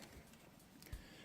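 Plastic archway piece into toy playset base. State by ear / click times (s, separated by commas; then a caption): not seated / none. A small plastic archway piece with a couple of stickers is handled and pressed back toward the base of a Star Wars Episode 1 The Phantom Menace Theed Generator Complex playset. Quiet handling noise is heard, with a brief sharp tap at about 0.8 s. Nothing has seated or clicked yet.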